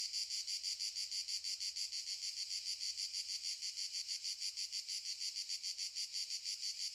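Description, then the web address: Loud cicada buzzing, high and hissing, swelling and fading in quick regular throbs about three per second, with a faint low rumble beneath. Cicadas stridulating very loudly in summer fields during the day, in the morning. "Sculp Tunes - Summer in the field - Crickets and Cicadas - Summer in the fields - DAY Morning - the cicadas stridulate very loudly"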